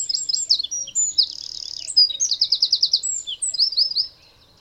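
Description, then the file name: Eurasian wren song: a loud, high, hurried run of sharp chips, buzzy trills and rattling phrases, pouring out without pause for about four seconds before stopping. "Troglodytes troglodytes"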